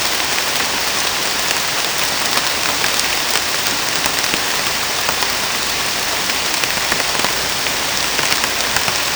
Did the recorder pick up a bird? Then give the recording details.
no. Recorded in dense forest near Puerto Asís, Putumayo, Colombia, on 18 December 2024 at 23:00. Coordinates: 0.484, -76.317. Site G026